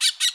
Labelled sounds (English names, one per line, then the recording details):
Brown-throated Parakeet contact call
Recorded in Bonaire
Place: just S of turnoff to Cai, near Lac Bay
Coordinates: 12.126, -68.239